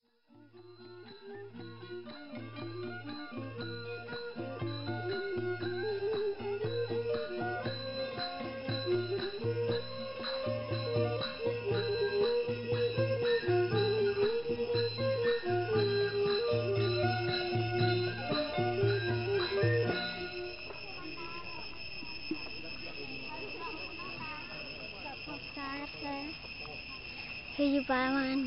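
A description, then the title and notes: A song outside Ta Prohm: melodic instruments over a steady thumping beat, which stops around twenty seconds, leaving quieter wavering, voice-like lines. A song outside Ta Prohm, one of the sections of the Angkor Wat temple complex near Siem Reap, Cambodia.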